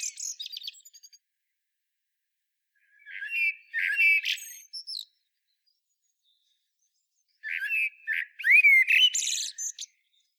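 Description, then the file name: Common blackbird song: a phrase cut off at the start, then two more fluty, twisting whistled phrases with thin, shrill trailing notes. "Turdus merula"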